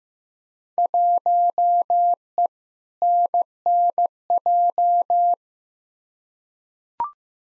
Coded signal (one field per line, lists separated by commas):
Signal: Morse code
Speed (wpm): 16 wpm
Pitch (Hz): 700 Hz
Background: none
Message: 1E NNJ